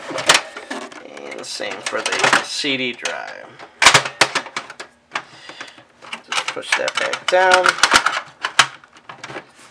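Someone talks while the hinged plastic drive bay assembly holding the refitted CD drive is pushed back down into a Dell Optiplex 745 desktop PC chassis. Sharp plastic clicks and handling knocks are heard throughout. The clip ends before the bay goes home; nothing has seated or clicked into place yet.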